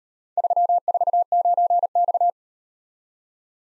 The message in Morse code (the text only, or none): 349X